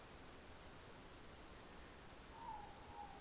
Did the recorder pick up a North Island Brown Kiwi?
no